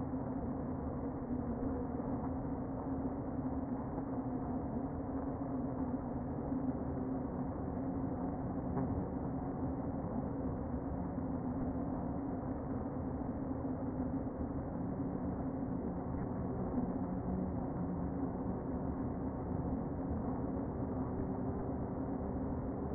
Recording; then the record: honeybee colony, microphone inside the hive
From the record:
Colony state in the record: queen present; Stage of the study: before two queens were removed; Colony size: about 60,000 bees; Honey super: yes